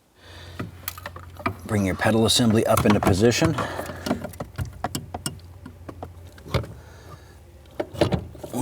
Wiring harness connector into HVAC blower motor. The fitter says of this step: and you'll hear it snap into place